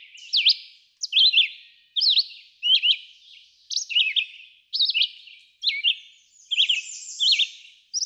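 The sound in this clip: Red-eyed vireo song: varied short whistled phrases, some rising, some dropping, repeated with short pauses.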